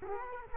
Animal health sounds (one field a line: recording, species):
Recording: mosquito wingbeat signal from an infrared sensor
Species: Culex quinquefasciatus